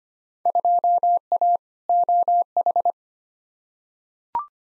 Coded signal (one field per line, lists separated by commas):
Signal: Morse code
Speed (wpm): 25 wpm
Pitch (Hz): 700 Hz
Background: none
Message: 2A OH